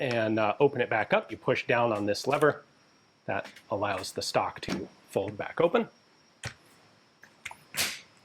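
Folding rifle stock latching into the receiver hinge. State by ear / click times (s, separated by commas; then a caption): seated / 7.5 s. Someone talks while pressing down a lever to unlock the worn folding stock of a 2019-model AK-12 rifle and swinging it back open. After a few quieter taps, the stock snaps into the receiver hinge at 7.5 s with a sharp click. It latches in the extended position with a tight, solid lock-up.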